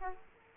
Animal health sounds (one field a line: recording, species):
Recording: mosquito wingbeat signal from an infrared sensor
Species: Aedes aegypti